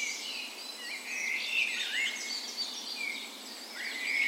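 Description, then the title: Songbirds in a dawn chorus, dense overlapping twitters and a few clear slurred whistles, with a low hiss beneath. Spring dawn chorus, morning of 17 May, Norway's National Day, in a park west in Bergen, Norway; recorded with Sony PCM A10 and LOM micro Usi microphones as tree ears. "17th Of May Dawn Chorus"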